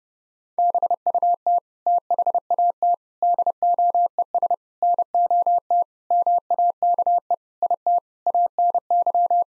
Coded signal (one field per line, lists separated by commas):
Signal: Morse code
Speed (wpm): 30 wpm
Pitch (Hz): 700 Hz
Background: none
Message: BUT THAT DOES NOT MAKE IT ANY